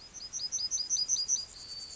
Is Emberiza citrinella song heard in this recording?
yes